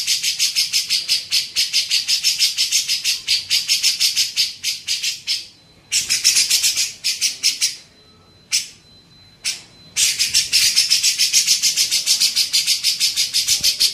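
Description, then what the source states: Grey-cheeked bulbul chattering song, a fast run of harsh, buzzy, high notes about three per second, breaking off into pauses, with a lone note in the longer one, before resuming. Masteran training recording used to tutor songbirds.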